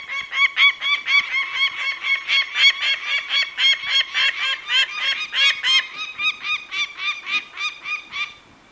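Peregrine falcon giving a harsh, rapid cacking call, hoarse nasal notes repeated quickly in a steady run, with no other clear sounds.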